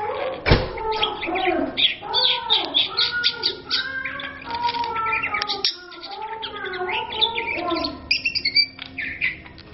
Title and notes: Kacer Juara Gacor. Kumpulan Suara Burung Masteran Pilihan